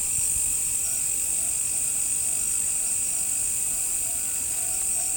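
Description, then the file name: Crickets chirping in a dense, steady high-pitched chorus that runs unbroken throughout, with a fainter lower trill layer beneath. "crikets"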